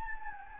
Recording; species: mosquito wingbeat signal from an infrared sensor; Anopheles gambiae